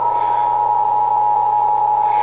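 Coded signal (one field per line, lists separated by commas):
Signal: PSK31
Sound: a steady pure warbling tone around 900 Hz over hiss and low hum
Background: radio static, low hum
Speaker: let's find some transmission specific sound for psk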